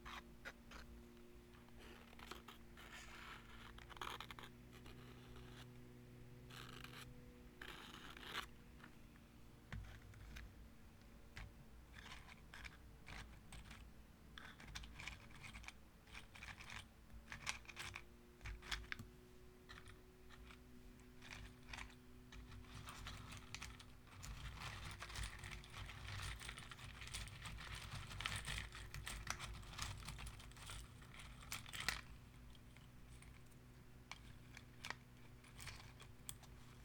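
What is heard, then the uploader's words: Wooden matches rattle and clatter against glass in a quick, uneven stream of small clicks and taps, the bursts thickening after about twenty-five seconds. Faint steady tones hum underneath throughout, with a lower drone sounding around four to nine seconds. Wooden matches and glass.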